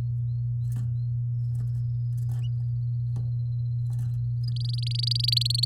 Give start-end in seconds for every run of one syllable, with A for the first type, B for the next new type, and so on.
4.43-5.65 A